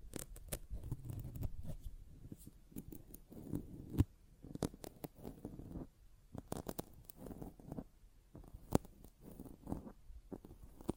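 A sponge is squished and scratched in quick, irregular bursts, soft low rustling broken by sharp clicks and snips. Crisp ticks land often, with loud ones near 4 and 8.7 seconds, and brief quiet gaps around 6 seconds.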